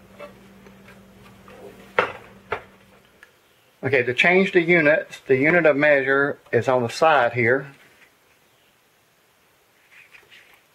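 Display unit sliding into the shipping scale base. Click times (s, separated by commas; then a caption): 2.0 s. The plastic display unit of a My Weigh UltraShip 75 lb shipping scale slides into its base with faint scraping and light taps, then locks into place with a sharp click at 2.0 s, followed by a smaller tap at 2.5 s. Someone then talks.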